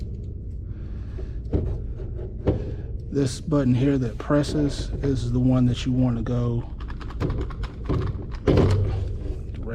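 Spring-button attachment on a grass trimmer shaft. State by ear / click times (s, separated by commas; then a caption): seated / 8.5 s. A plastic attachment is slid up onto the shaft of a Worx Nitro 20V Brushless 13"-15" grass trimmer (WG176) while someone talks. At 8.5 s a sharp click is heard as its spring-loaded push button snaps into the matching hole, seating the attachment in place.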